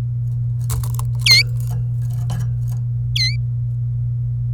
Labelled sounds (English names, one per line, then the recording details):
Domestic Canary song
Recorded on 27 April 2018 at 08:48
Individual llb3